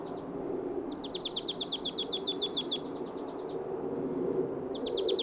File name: Poecile palustris